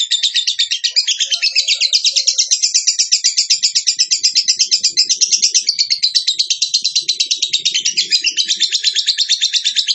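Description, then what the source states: Bird song as one continuous high, buzzy, rapidly pulsed trill that runs unbroken for the whole ten seconds. Master recording for training cage birds; lively (gacor) singer in the tembakan style.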